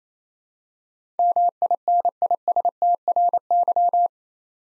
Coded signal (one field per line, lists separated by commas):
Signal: Morse code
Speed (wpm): 29 wpm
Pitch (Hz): 700 Hz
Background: none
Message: MINISTRY